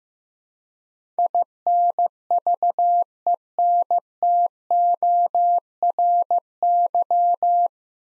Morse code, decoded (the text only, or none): INVENTORY